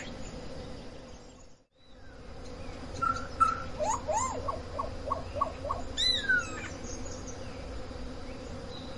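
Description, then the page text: Solitary black cacique calls: a brief run of rapid bubbling notes and upslurred whistles from about three to six and a half seconds, with steady hum behind. Adult female; 23 August 2023, in a national park in Formosa, Argentina. "Boyero Negro (Cacicus solitarius)"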